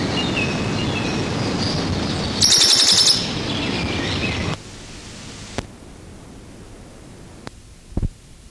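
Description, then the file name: Western Bonelli's warbler song: a single dry, high rattling trill of rapid identical notes lasting under a second, over steady background hiss, followed by a few sharp clicks. "Berglaubsaenger"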